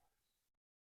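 The blade of a RoseCraft Blades Obed Creek Bow Trapper, a traditional slipjoint folding knife with a blue-green Micarta handle and skull inlay, is being opened by its nail nick against the backspring. Quiet, steady broadband handling noise lasts about 0.6 seconds, then the sound cuts to silence. Nothing has seated or clicked into place yet.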